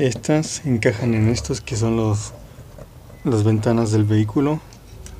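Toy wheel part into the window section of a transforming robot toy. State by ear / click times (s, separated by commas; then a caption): not seated / none. Someone talks while handling a plastic Transformers toy, pushing its wheel parts inward toward the vehicle's window pieces, with only faint ticks near 2.8 s and 5.1 s. Nothing has seated or clicked into place yet.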